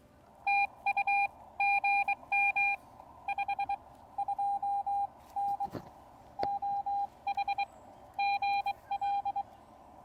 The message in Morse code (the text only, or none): TU GM 52N OH GL